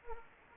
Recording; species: mosquito wingbeat signal from an infrared sensor; Anopheles gambiae